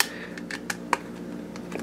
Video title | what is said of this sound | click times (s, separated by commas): Marvel S.H.Figuarts Iron Man Tony Stark Figure Review | push them in. They snap right into place. | 0.0 s, 0.9 s